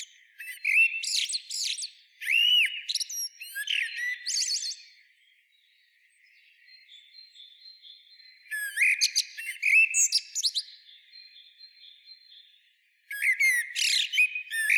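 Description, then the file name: Common blackbird singing three phrases of rich fluted whistles and thin, scratchy twittering, with quiet gaps between them. "Turdus merula"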